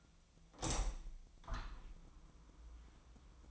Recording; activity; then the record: daily activity, microphone in the room; open window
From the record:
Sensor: 1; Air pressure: 1004.7 hPa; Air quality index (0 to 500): 102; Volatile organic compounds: 3 ppm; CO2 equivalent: 1400 ppm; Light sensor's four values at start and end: 8/19/7/8 and 8/20/8/8